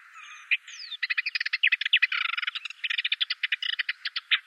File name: Menetries Warbler